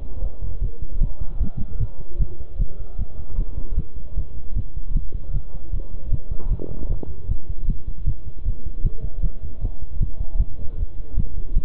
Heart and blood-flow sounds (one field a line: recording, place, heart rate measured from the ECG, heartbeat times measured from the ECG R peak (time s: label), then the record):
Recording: heart sounds by stethoscope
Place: between the tricuspid and mitral areas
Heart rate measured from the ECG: 153 bpm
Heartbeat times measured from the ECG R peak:
0.22 s: heartbeat
0.62 s: heartbeat
1.01 s: heartbeat
1.41 s: heartbeat
1.80 s: heartbeat
2.20 s: heartbeat
2.59 s: heartbeat
2.99 s: heartbeat
3.38 s: heartbeat
3.78 s: heartbeat
4.17 s: heartbeat
4.56 s: heartbeat
4.95 s: heartbeat
5.34 s: heartbeat
5.73 s: heartbeat
6.12 s: heartbeat
6.51 s: heartbeat
6.90 s: heartbeat
7.29 s: heartbeat
7.68 s: heartbeat
8.07 s: heartbeat
8.46 s: heartbeat
8.85 s: heartbeat
9.23 s: heartbeat
9.62 s: heartbeat
10.01 s: heartbeat
10.40 s: heartbeat
10.78 s: heartbeat
11.18 s: heartbeat
11.57 s: heartbeat
From the record:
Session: bicycle stress test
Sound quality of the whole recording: good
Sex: male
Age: 23 years